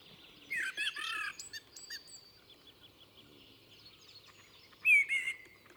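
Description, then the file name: Common blackbird producing two mellow, slurred phrases, the first followed by a high twitter, the second a clear descending whistle, with soft background noise. "Turdus merula"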